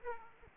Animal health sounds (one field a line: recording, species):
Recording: mosquito wingbeat signal from an infrared sensor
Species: Aedes aegypti